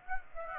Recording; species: mosquito wingbeat signal from an infrared sensor; Aedes aegypti